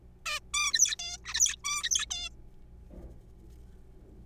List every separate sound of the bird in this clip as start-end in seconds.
0.26-0.40, 0.54-0.73, 0.74-0.95, 0.99-1.17, 1.25-1.34, 1.34-1.56, 1.64-2.06, 2.11-2.29